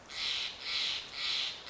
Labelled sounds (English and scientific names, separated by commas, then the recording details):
Steller's Jay (Cyanocitta stelleri)
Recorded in Sonoma County, California